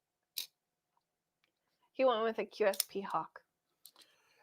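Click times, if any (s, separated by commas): 0.4 s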